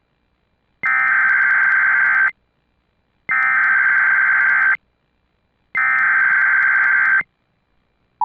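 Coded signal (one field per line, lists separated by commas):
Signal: Emergency Alert System (SAME) tones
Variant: header bursts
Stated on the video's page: Real Child Abduction Emergency SAME alert received over broadcast radio, originated by the National Weather Service.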